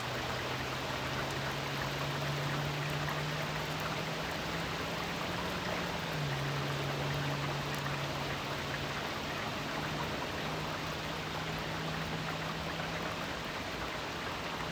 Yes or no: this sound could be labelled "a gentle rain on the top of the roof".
yes